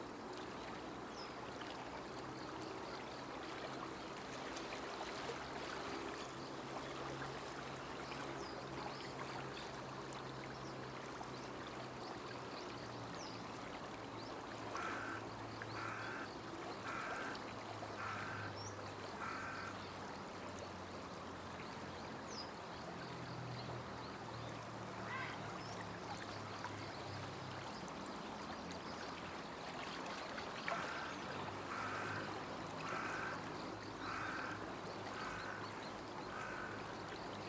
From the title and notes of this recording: 川霧よ今朝もありがとう. 川から湯気のように霧が流れ出していて、 その間を鳥たちが楽しそうにくぐり抜けていました。 There was a mist coming out of the river like steam, Birds were happily passing through it.